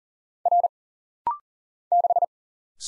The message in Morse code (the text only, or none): R 6